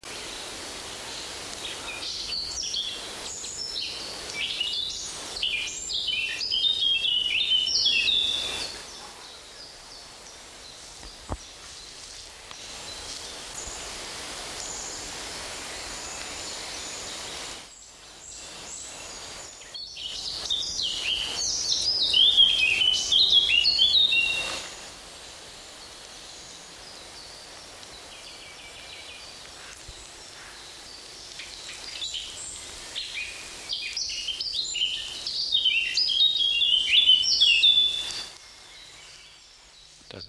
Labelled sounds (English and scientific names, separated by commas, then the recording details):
Eurasian Blackcap (Sylvia atricapilla) song
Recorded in the wild
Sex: male
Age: adult
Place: Mühlenbecker Land, OT Summt, Brandenburg, DE
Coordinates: 52.6833, 13.35
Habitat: spruce stand
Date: 1988-07-09 14:57
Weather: fair, few clouds, 17-21°C, gusty winds
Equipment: Sony WM-D6C, Kopie Tesla B 116
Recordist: Tembrock, Günter
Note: Summt, am Bruch, Fichtenbestand. Männchen: Gesang